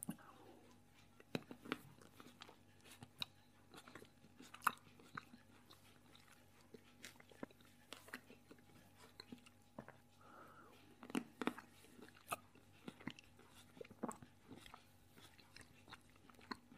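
A person eating, with sharp crunches and wet chewing clicks scattered through the whole stretch, bunching up around the one, eight and eleven second marks. A faint steady hum sits underneath.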